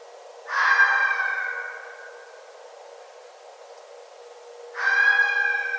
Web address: Red Fox 2011 12 09 Red Fox